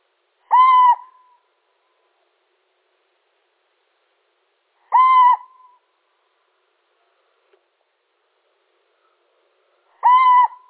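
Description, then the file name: Little owl giving three level mewing notes spaced about four to five seconds apart, each short with a faint trailing tail. Male. "Sycek obecny samec"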